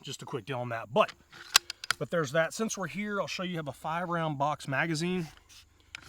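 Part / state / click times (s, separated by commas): box magazine into bolt-action rifle / seated / 5.9 s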